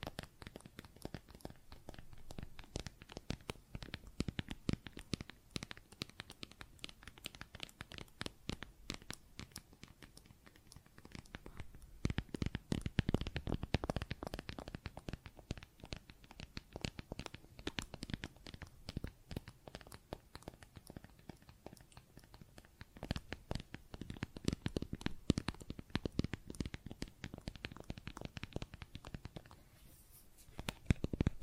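Plastic objects are tapped and scratched in a dense, continuous run of sharp clicks and scraping strokes, with no pauses. The activity grows busier and louder around 12 to 15 seconds and again near 25 seconds, then thins briefly just before the end.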